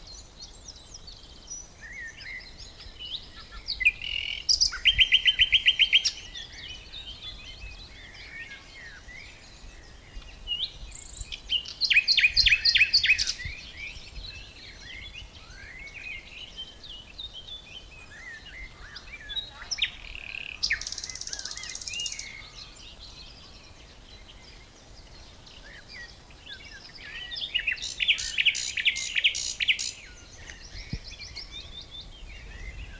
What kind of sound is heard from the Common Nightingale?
song